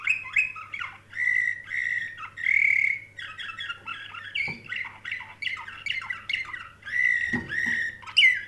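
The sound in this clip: Canary song: a varied run of bright warbled phrases and sustained whistled notes around mid-high pitch, with a couple of brief low knocks near the middle and end.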